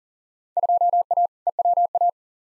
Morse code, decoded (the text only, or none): 2A EWA